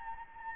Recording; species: mosquito wingbeat signal from an infrared sensor; Anopheles gambiae